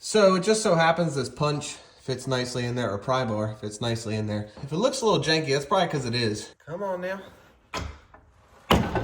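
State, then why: Seated. Someone talks while a punch and then a pry bar lever up the rubber/plastic spacer sitting on top of an installed coil spring, working it toward its spring seat in the vehicle frame. At 8.7 s a sharp snap is heard as the spacer pops into its seat, confirmed seated.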